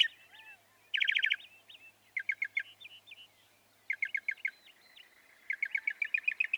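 Northern mockingbird song: bursts of rapidly repeated notes separated by short pauses and softer slurred notes.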